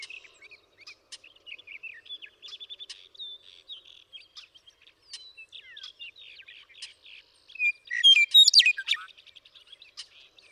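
Western meadowlark song late: one rich, bubbling burst of whistled notes. Faint twittering and chirps run steadily underneath.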